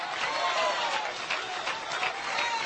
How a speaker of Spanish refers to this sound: Qué poquitos aplauden, gloria a Dios.